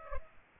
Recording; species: mosquito wingbeat signal from an infrared sensor; Culex pipiens